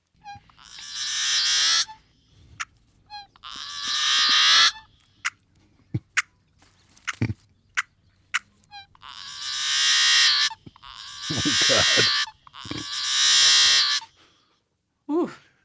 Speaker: And this yellow-headed blackbird has an ugly sound that I'm going to make you listen to.